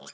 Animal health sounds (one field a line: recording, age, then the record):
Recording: pig call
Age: piglet (1 to 25 days)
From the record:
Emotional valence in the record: negative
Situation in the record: long isolation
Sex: female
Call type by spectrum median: high-frequency call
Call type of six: high-frequency stable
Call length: 0.14 s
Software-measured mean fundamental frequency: 274 Hz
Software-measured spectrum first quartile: 1326 Hz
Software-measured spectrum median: 3741 Hz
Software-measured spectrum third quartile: 6309 Hz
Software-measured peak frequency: 566 Hz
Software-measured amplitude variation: 178 dB a second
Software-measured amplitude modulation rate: 18.0 a second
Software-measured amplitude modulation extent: 9.9 dB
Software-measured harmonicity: 0.1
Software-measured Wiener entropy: -2.05